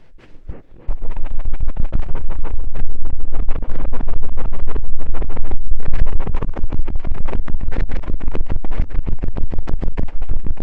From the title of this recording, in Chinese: 棉签清洗耳朵